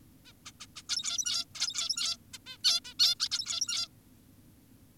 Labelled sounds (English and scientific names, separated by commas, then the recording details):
Zebra Finch (Taeniopygia guttata)
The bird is an adult
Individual g17y2U